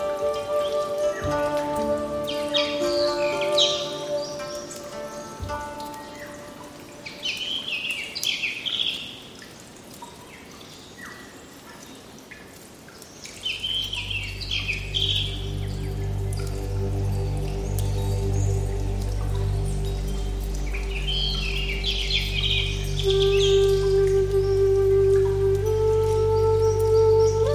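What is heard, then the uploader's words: Soft bamboo flute music plays in the distance over steady trickling water, with bird chirps and a low sustained drone entering midway. Japanese Garden Ambiance | Bamboo Flute and Garden Sounds. Soothing bamboo flute music plays off in the distance, as a fountain trickles and birds chirp.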